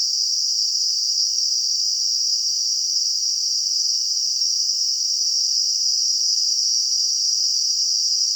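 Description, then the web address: Cicada call: a long, flat, high-pitched buzzing drone running without interruption, even in volume. In a garden. "WSPDatabase Analysis DVD Garden Cicadas"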